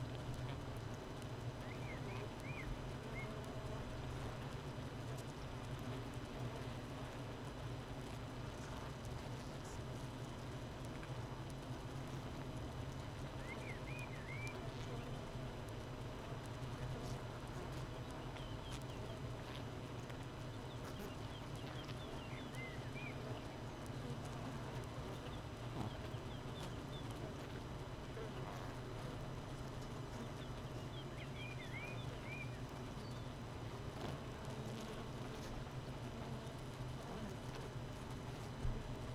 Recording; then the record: honeybee colony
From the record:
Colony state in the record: missing queen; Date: 31 May 2018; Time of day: 7:37